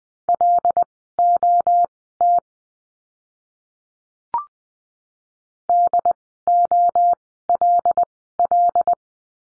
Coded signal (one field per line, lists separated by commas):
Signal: Morse code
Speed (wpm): 20 wpm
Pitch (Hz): 700 Hz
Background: none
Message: LOT DOLL